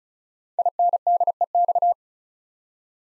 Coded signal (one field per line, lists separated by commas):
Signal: Morse code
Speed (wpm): 36 wpm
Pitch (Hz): 700 Hz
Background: none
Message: INDEX